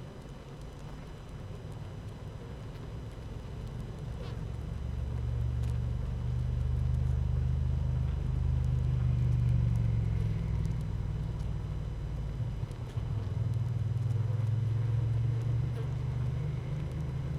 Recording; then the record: honeybee colony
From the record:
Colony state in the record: active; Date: 12 June 2018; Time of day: 15:02